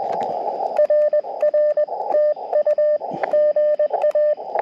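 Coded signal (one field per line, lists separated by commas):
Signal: Morse code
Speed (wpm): 20 wpm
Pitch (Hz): 600 Hz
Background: radio noise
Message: RR TU GA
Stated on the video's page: Portable QRP CW for a sunrise Parks on the Air activation, sent with an Elecraft KX2 and KXPD2 paddle into a 17-foot vertical with a 40-meter coil.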